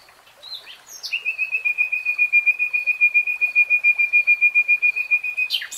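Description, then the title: Nightingale song: a few thin notes, then a long even whistled trill pulsing quickly at one pitch for over four seconds. Nightingale singing, in real time. "[Tiếng chim hót] REALTIME Nightingale Singing"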